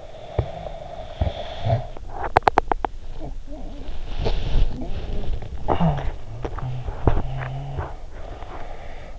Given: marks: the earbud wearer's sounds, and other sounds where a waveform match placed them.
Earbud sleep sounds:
sounds in sleep by an in-ear microphone; snoring breath, teeth grinding, swallowing, talking in sleep, breath
0.10-1.85 s: snoring breath
2.27-2.72 s: teeth grinding
2.98-7.26 s: swallowing
5.44-6.15 s: talking in sleep
6.44-9.18 s: breath

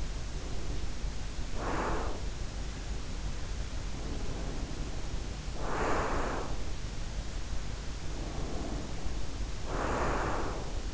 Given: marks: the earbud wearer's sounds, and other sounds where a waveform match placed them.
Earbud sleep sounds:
sounds in sleep by an in-ear microphone; breath
0.00-2.37 s: breath
3.86-6.92 s: breath
7.99-10.94 s: breath

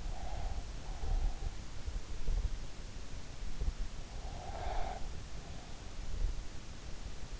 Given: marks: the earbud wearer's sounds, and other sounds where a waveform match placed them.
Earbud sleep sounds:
sounds in sleep by an in-ear microphone; breath
0.00-2.03 s: breath
4.07-6.11 s: breath

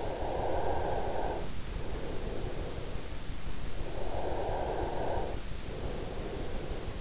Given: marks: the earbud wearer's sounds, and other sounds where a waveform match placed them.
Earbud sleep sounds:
sounds in sleep by an in-ear microphone; breath
0.02-3.02 s: breath
4.02-7.01 s: breath

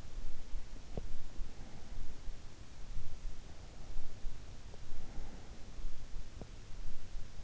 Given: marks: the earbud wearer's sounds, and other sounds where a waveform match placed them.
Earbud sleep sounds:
sounds in sleep by an in-ear microphone; teeth grinding, breath
0.68-1.48 s: teeth grinding
1.08-2.60 s: breath
4.34-5.99 s: breath
6.26-6.66 s: teeth grinding

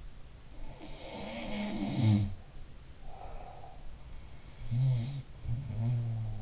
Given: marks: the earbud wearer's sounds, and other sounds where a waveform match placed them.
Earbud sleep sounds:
sounds in sleep by an in-ear microphone; breath
0.67-3.98 s: sound from someone else or the room
2.87-3.85 s: breath
4.57-6.42 s: sound from someone else or the room

